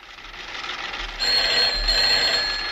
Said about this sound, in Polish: O, tak, już słyszę, już napływają pierwsze zgłoszenia. Może odbierz, Leszku, telefon?